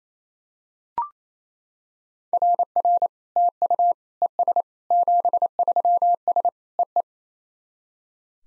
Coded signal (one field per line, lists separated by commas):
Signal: Morse code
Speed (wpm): 28 wpm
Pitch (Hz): 700 Hz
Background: none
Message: RR TU ES 73S EE